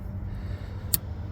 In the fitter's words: hear them click, make sure and pull against them, make sure they're not going to pop back off.